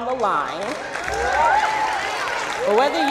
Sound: applause

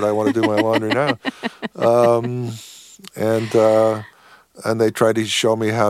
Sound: laughs

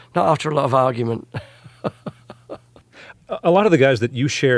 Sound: soundbite of laughter

